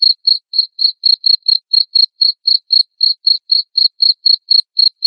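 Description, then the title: Cricket giving loud, high chirps repeated steadily about four times a second against silence. Loud cricket chirping played to make lovebirds sing (ngekek) continuously. "Suara JANGKRIK NGERIK Keras Bikin LOVEBIRD Jadi NGEKEK Terus Vubey"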